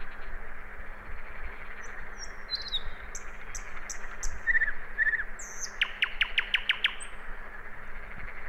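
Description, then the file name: Common nightingale song with soft whistled slurs, then a rapid series of loud repeated notes near the end, a constant low hum underneath. "Luscinia megarhynchos"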